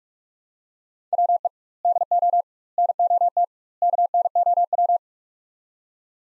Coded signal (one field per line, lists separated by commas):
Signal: Morse code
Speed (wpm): 47 wpm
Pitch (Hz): 700 Hz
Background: none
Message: WE DO NOT KNOW